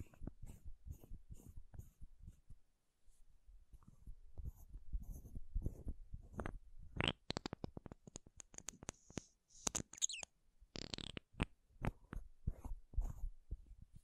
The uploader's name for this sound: MAKEUP TAPPING & SCRATCHING